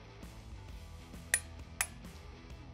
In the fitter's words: there until it clicks